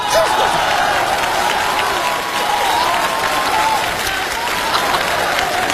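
A crowd claps steadily for several seconds, a dense, even wash of hand claps with no pauses and no voices standing out.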